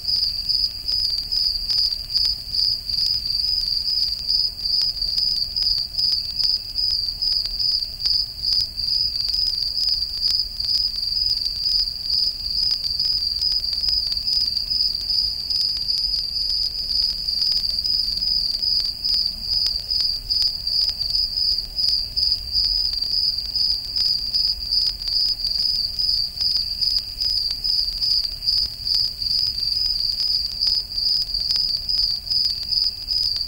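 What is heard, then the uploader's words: Crickets chirp without pause for the whole recording, a dense, high, shrill trill that holds a steady pitch and level throughout. Rapid pulsing runs through the sound, and a faint low rumble sits far beneath it. Crickets || 3D Surround Sound.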